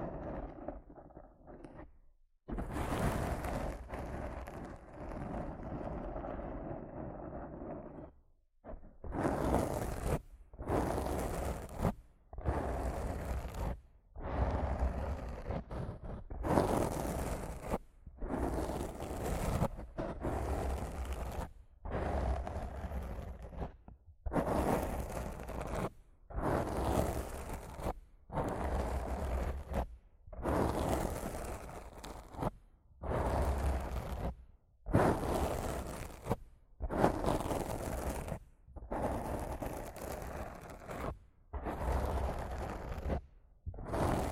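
Rough mic scratching and brushing in regular bursts about every second and a half, rasping and full, after a longer opening stroke and brief pause.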